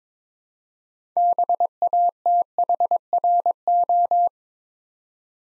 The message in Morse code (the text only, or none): BATHRO